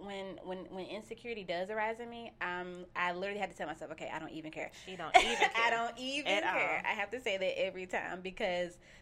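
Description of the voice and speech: An adult woman who stutters speaks conversationally and opens with a whole-word repetition, 'when when when,' before continuing fairly fluently with an 'um,' a brief laugh and a deliberately repeated phrase. The repetition is a stuttering disfluency.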